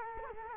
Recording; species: mosquito wingbeat signal from an infrared sensor; Culex quinquefasciatus